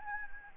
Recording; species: mosquito wingbeat signal from an infrared sensor; Anopheles gambiae